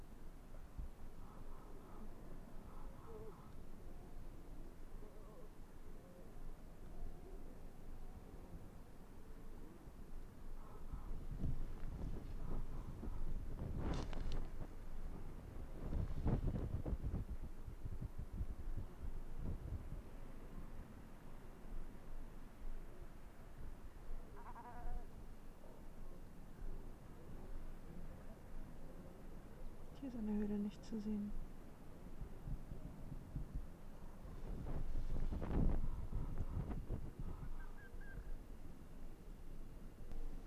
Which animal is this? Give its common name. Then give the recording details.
Arctic Fox. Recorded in the wild. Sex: male. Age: adult. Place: Insel Mednyi, Kommandeur-Inseln, RU. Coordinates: 54.5167, 168.083. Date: 1999-08-24 20:58. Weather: 8°C, ausgezeichnete Sicht, fast windstill. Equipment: Sony WM-D6C, Sennheiser ME 80, K 30 AV, Windkorb, Kopie Tascam DA 30. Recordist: Jakupi, Antje